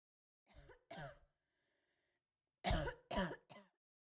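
Five short, harsh, throaty coughs from an adult come in two groups: a pair, then a quick run of three after a pause of over a second. The quiet room is otherwise silent.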